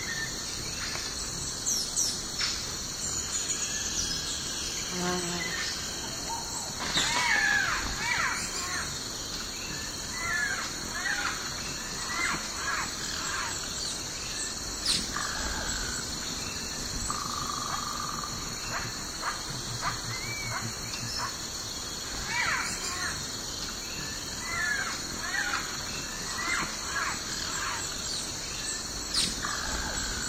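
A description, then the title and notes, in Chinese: Morning forest with a steady high insect drone, scattered bird calls throughout, a few crow-like caws, and a soft low rumble underneath. 晨起森林太阳升起。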